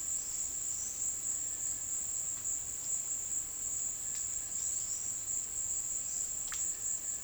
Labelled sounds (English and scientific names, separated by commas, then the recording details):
none
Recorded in secondary vegetation near Puerto Asís, Putumayo, Colombia, on 20 February 2024 at 14:30
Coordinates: 0.472, -76.331
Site G6371